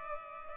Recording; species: mosquito wingbeat signal from an infrared sensor; Culex pipiens